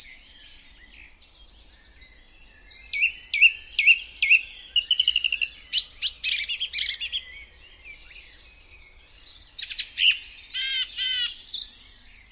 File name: song thrush singing